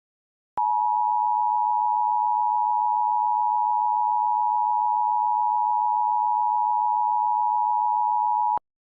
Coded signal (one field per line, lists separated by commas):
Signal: Emergency Alert System (SAME) tones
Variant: 853 and 960 Hz attention tone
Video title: EAS Scenario #3: Critical Flare